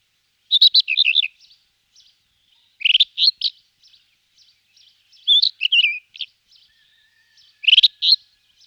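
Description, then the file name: Rufous-tailed scrub robin giving four rapid, varied phrases, roughly one every two seconds, with quiet scratchy notes in the gaps. "Fr meaux Nature - Acrobate roux Rufous Bush Robin"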